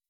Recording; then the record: hydrophone in a shrimp aquaculture tank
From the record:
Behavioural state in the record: weakened